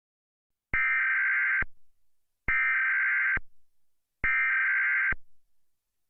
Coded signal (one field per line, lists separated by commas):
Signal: Emergency Alert System (SAME) tones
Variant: header bursts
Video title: EAS Mock - Tornado Warning, for NJ NY and CT [my first alert video]